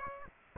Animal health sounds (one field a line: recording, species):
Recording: mosquito wingbeat signal from an infrared sensor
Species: Aedes aegypti